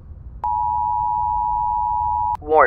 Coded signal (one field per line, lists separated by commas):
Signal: Emergency Alert System (SAME) tones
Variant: 853 and 960 Hz attention tone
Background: speech